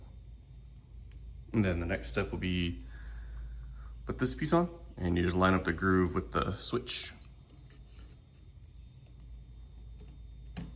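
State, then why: Seated. Someone talks while lining up the groove in the outer shell of a lamp socket with the switch on a fishing rod lamp, then pushes the shell down over the wired socket. A sharp snap at 10.6 s marks the shell seating into place.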